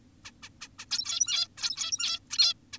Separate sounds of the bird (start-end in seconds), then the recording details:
0.25-0.32, 0.43-0.49, 0.61-0.68, 0.79-0.86, 0.91-1.48, 1.58-2.20, 2.31-2.54, 2.73-2.78. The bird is an adult. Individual g17y2U